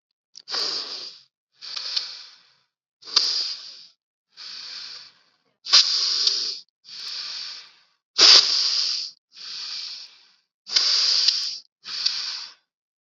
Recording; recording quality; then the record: shallow breathing; excellent, no background noise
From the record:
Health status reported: COVID-19 positive, mild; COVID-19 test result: positive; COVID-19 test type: RT-PCR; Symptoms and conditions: cough, fever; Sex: female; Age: 19 years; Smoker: no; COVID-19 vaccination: both doses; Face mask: worn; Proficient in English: yes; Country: India